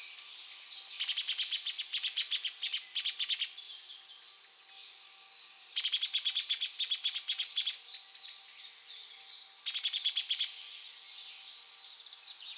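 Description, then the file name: Eurasian blackbird giving loud rattling bursts of rapid clicks at about one, six and ten seconds, with high twittering notes in between. "Turdus merula"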